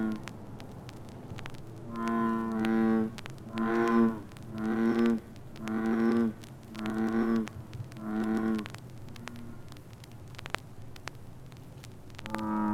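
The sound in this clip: Bullfrog calls: a run of several deep, resonant, drawn-out croaks, each lasting under a second and coming about once a second, over a steady low hum with scattered clicks.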